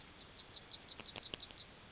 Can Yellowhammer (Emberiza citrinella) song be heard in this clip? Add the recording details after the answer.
yes. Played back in grassland. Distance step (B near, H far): C. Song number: 006